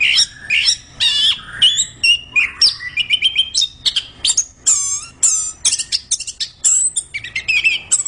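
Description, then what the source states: Orange-headed thrush song mixing sweet whistles, trills and scratchy notes in quick bursts. Described as gacor, meaning singing vigorously and constantly.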